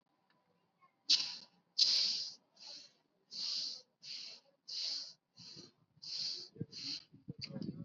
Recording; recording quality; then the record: shallow breathing; excellent, no background noise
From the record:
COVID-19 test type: RT-PCR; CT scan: not taken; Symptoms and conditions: none ticked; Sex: male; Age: 18 years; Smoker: no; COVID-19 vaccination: both doses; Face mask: worn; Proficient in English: yes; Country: India